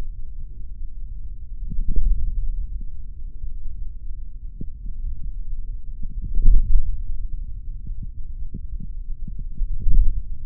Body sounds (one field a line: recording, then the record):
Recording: forearm muscle sounds (acoustic myography)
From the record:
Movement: hand opening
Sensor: system 3, bracelet of six PUI Audio POM-2738L microphones around the upper forearm, with dedicated amplification and filtering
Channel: 3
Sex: male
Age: 26 years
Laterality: right